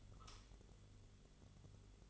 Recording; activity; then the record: daily activity, microphone in the room; light off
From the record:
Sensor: 4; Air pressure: 1008.6 hPa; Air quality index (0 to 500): 90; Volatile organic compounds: 1 ppm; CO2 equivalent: 683 ppm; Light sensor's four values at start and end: 13/29/11/11 and 13/29/11/11